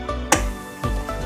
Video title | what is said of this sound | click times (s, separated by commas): รีวิว+ติดตั้งกล่องท้าย 47 | ตรงนี้ฟังเสียงครับเข้า | 0.3 s